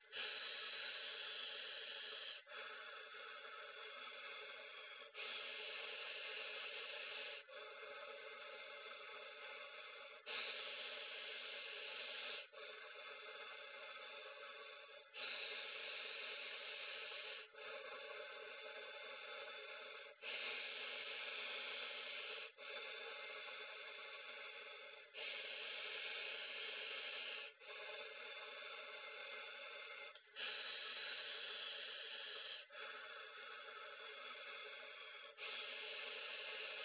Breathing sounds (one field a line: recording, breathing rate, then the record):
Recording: paced breathing near a phone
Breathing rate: 12 breaths a minute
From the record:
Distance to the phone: 20 cm